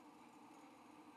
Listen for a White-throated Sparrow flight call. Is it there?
no